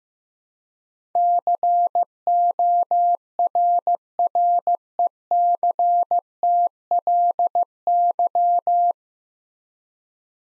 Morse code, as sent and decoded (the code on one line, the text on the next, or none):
-.-. --- .-. .-. . -.-. - .-.. -.--
CORRECTLY